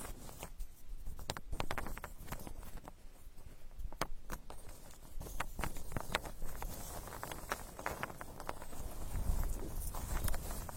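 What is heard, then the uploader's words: Straw being dug and rustled, with a steady dry crackle running throughout. Sharp, irregular clicks and pops cut through every fraction of a second, some brighter and louder. Toward the end the rustling thickens and a low rumble swells. Unique straw therapy ear digging experience.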